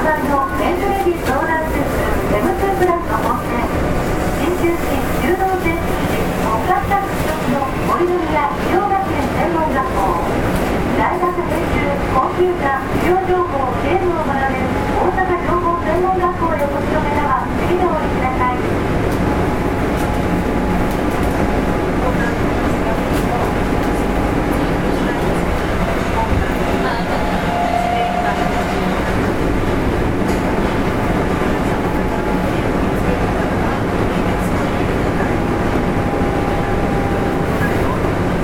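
A 7000 series electric train runs with a constant dense rumble, wavering motor whine in the first half, then a long steady tone later.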